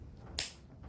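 A wiring connector is pushed into the steering connector socket of a Mustang electric power steering unit mounted on a Crown Vic front subframe with a Range Industries kit, with the white lock pressed in. A single sharp snap is heard at 0.4 s against a quiet background. The connector locks in and is seated.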